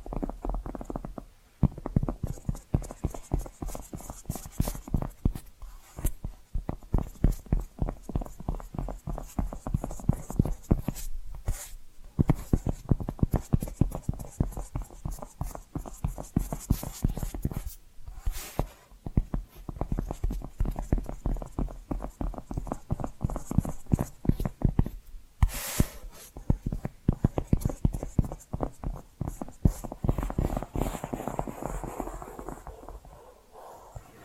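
Rapid tapping and scratching runs through the whole clip, a dense stream of sharp clicks and scrapes with brief pauses around 2, 11, 18 and 25 seconds. Louder bright scratches punctuate it, and near 30 seconds the scratching turns softer and fuller before thinning out.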